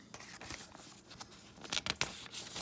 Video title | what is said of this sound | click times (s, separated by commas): Rocket Launch Challenge Track Builder Action Set - YES! It is a challenge for a 55 year old! | so it clicks in place | 2.0 s